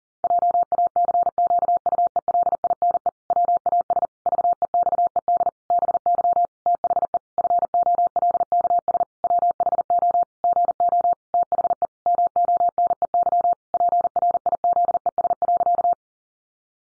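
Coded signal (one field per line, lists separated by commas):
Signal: Morse code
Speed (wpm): 40 wpm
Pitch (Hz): 700 Hz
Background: none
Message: JACQUELINE WAS VEXED BY THE FOLKS WHO GO THE MONEY PRIZES.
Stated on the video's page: Morse pangram practice at 40 wpm, each pangram sent twice.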